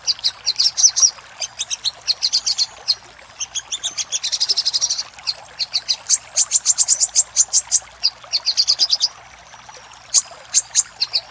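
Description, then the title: Little spiderhunter song, repeated phrases of rapid high chipping with one dense buzzy trill in the middle and brief pauses between bursts. Master recording for training cage birds. "Masteran Burung Sogok Ontong Labaik"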